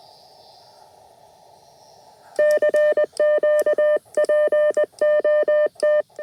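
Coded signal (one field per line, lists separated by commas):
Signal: Morse code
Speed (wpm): 21 wpm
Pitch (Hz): 600 Hz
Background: none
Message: CQ POT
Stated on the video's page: QRP CW Parks on the Air activation at a national wildlife refuge, using an Elecraft K2 and Packtenna end-fed half-wave antenna.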